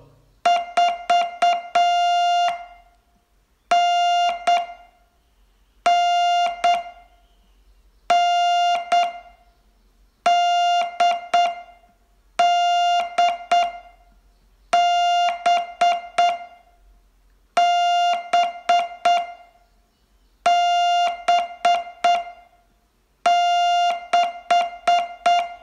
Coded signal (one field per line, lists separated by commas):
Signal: Morse code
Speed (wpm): 8 wpm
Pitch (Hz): 700 Hz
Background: music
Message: 4 N N N DDB B B6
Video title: Learn Morse in 42 Days from VU2LAU - day 21